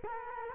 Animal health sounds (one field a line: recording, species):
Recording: mosquito wingbeat signal from an infrared sensor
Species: Culex quinquefasciatus